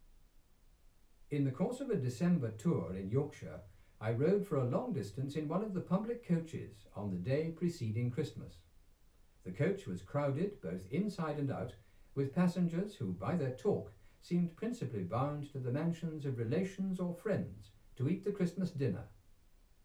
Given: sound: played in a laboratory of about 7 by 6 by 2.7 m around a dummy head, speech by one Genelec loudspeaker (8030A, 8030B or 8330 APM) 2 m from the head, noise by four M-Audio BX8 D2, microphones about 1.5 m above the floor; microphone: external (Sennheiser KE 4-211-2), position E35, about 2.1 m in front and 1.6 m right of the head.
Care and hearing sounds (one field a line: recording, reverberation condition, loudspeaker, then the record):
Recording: male speech in English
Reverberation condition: low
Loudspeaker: 150 degrees to the left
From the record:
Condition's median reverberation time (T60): about 310 ms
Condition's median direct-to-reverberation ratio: about 3.5 dB